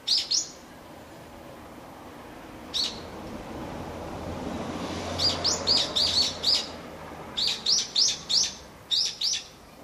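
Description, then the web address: Evening cicada song: bright, ringing pulses, first scattered, then in rhythmic runs of clipped high notes over faint hiss. "kanakana hiyo"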